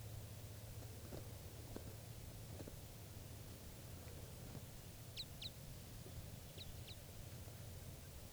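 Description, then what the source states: Type 5 crossbill calls: a pair of short, sharp downslurred chips, then another pair about a second later, over steady low rumbling background noise. Wild type 5 crossbill; Tennessee Pass, Eagle County, Colorado; June 8, 1986, around 6:38 a.m.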